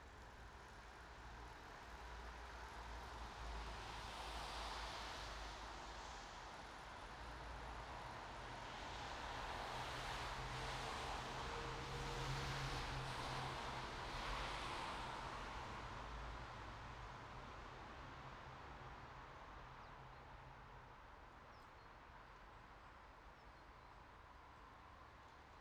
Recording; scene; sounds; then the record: everyday scene through a hearing-aid microphone; in traffic; traffic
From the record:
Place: bus stop on a city main road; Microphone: in the ear canal, right